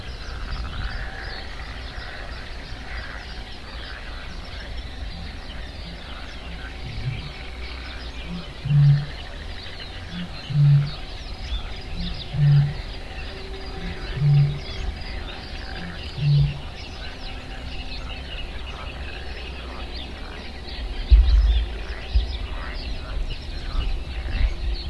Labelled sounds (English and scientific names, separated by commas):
Great Bittern (Botaurus stellaris)